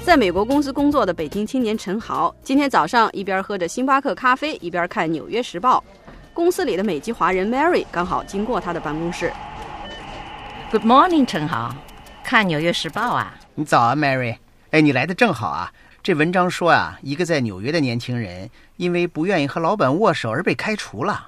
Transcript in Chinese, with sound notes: 在美国公司工作的北京青年陈豪今天早上一边喝着星巴克咖啡一边看纽约时报。公司里的美籍华人 Mary 刚好走过他的办公室。
(Office ambience) Good morning, Chen Hao。看纽约时报呀？
早，Mary，你来得正好。你看这文章说一个在纽约的年轻人因为不愿意和老板握手而被开除。